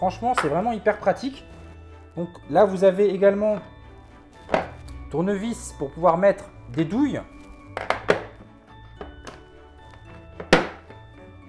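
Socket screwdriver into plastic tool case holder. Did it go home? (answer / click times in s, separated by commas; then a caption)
yes / 10.5 s. Someone talks while a screwdriver for fitting sockets is pressed into its molded holder in a plastic tool case, with a few brief knocks of handling along the way. It snaps in with a sharp click at 10.5 s and is seated firmly, clipped in so it won't move around in the case.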